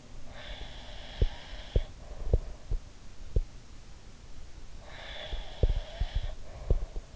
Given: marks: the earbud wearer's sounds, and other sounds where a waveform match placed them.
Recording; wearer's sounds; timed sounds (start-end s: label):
sounds in sleep by an in-ear microphone; breath
0.20-2.69 s: breath
0.55-3.43 s: sound from someone else or the room
4.79-7.16 s: breath
5.24-7.16 s: sound from someone else or the room